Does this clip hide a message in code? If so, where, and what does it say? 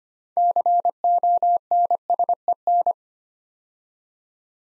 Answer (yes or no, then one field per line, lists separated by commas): yes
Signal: Morse code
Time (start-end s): 0.4-2.9 s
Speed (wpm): 25 wpm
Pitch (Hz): 700 Hz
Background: none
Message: CONSEN